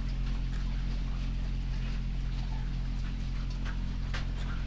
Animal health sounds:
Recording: poultry house recording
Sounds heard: sick chickens (respiratory disease)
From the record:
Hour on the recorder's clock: 5

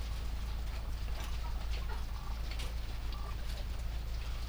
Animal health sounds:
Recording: poultry house recording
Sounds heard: sick chickens (respiratory disease)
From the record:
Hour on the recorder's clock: 22

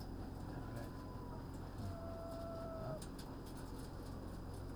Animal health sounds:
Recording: poultry house recording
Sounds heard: healthy chickens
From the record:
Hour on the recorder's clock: 15

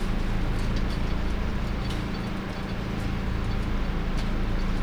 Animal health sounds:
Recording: poultry house recording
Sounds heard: no chicken sound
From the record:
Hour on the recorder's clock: 20

